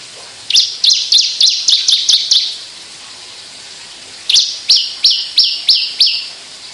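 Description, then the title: Javan bush lark song: two quick bursts of about eight sharp, high chirps each, split by a few seconds of quiet. Indonesian sundul langit song style, described as a skyward song flight. "Branjangan Sundul Langit 3"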